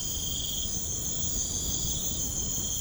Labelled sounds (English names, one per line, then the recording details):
none
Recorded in pastures near Puerto Asís, Putumayo, Colombia, on 21 March 2025 at 23:30
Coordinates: 0.505, -76.324
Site GP08